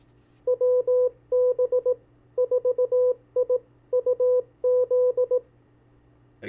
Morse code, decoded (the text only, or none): WB4IUZ